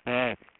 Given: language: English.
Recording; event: throat vibration sensor signal played as sound; speech